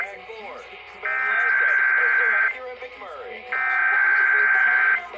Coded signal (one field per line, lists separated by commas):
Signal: Emergency Alert System (SAME) tones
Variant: header bursts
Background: speech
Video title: EAS 6684-6744 EAS Alerts I haven't uploaded yet